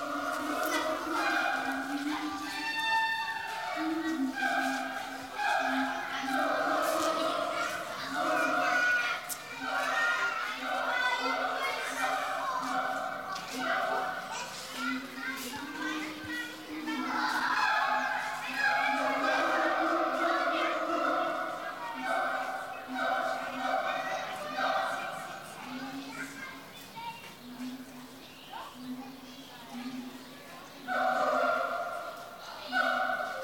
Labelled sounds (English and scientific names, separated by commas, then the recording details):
Siamang (Symphalangus syndactylus)
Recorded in captivity
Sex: pair
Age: adult
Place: Zoo Dresden, Sachsen, DE
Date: 1983-03-11 15:18
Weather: sonnig, ca. 12°C
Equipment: Nagra SN, Sennheiser MKH 416 T, Kopie Uher 4000 Report Monitor
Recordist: Tembrock, Günter